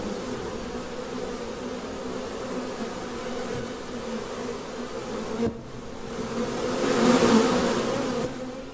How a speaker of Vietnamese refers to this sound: Đột nhiên trong rừng sâu vang lên những tiếng vù vù đều đặn. Âm thanh ấy khiến cho bọn người của Trắc Mộc Cường Ba Ta theo bản năng rợn hết cả tóc gáy.